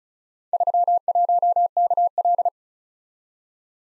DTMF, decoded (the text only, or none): none